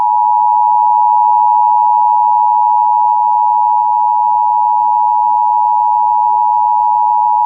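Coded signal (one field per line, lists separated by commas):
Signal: Emergency Alert System (SAME) tones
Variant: 853 and 960 Hz attention tone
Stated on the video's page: SAME tones of a Severe Thunderstorm Warning for California counties, aired on KALT-FM; a copied recreation.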